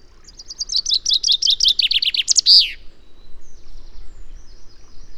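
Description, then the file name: Common chaffinch singing one descending trill with a final flourish, followed by faint high chirps. "Fringilla coelebs"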